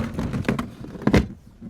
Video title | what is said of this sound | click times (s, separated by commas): TUTO UTILISATION DU CHAUSSON C727 (version longue) | Là, elle est bien verrouillée, il n'y a pas de problème. | 0.5 s, 1.1 s